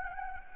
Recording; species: mosquito wingbeat signal from an infrared sensor; Anopheles gambiae